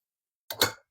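The second-side LATCH connector of a Baby Jogger City Go 2 car seat base is pushed onto the vehicle's lower anchor, giving a sharp click at 0.5 s followed by a louder snap at 0.6 s that fades quickly. The connector is seated and attached, so both sides are now connected.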